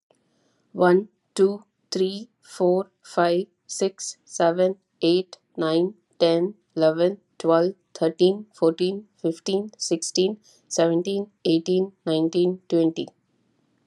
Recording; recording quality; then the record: counting at a normal pace; excellent, no background noise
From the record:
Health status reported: healthy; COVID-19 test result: negative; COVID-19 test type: RT-PCR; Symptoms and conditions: cold, sore throat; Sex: female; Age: 35 years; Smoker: no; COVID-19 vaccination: both doses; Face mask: not worn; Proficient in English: yes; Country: United States